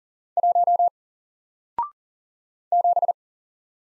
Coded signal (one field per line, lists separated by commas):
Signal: Morse code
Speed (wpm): 40 wpm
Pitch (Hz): 700 Hz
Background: none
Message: 1 7